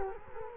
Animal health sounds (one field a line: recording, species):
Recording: mosquito wingbeat signal from an infrared sensor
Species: Culex quinquefasciatus